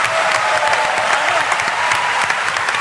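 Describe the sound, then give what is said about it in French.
A large audience claps steadily in the Nancy opera house, applauding Thomas VDB, a dense, even wash of many hands with sharper individual claps standing out, loud and sustained throughout with no voices. “Les applaudissements qui résonnent dans l'opéra de Nancy.”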